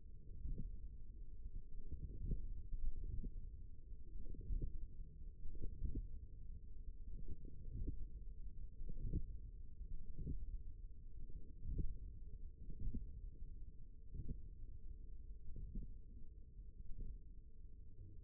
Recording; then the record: forearm muscle sounds (acoustic myography)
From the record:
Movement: hand closing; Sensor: system 1, eight BSWA MPA416 microphones around the upper forearm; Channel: 2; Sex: male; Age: 54 years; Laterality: right